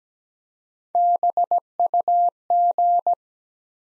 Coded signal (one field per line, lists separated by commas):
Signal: Morse code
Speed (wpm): 17 wpm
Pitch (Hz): 700 Hz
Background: none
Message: BUG